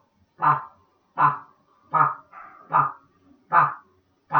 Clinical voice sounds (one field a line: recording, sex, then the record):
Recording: repeated syllable /pa/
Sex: female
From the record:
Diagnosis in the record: Parkinson's disease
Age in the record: 63 years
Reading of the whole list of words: 61 s, 4.6 characters per second